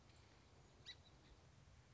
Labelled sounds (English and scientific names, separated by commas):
Song Sparrow (Melospiza melodia)